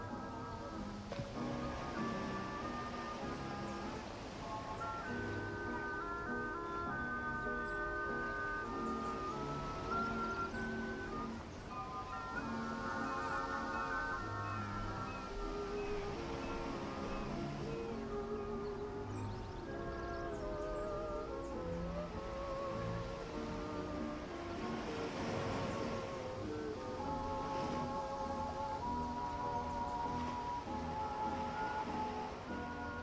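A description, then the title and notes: Ocean waves keep up a steady wash beneath a dense, constant chorus of seagulls, their overlapping cries and squawks rising and falling throughout. The calls crowd together with no real pause, and a brief sharper surge of noise comes around the 25-second mark. Ocean waves w/ birds, seagulls.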